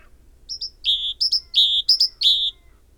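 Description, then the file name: Great tit giving a run of phrases, each two bright high notes followed by a longer, lower note, repeated three times. "Parus major"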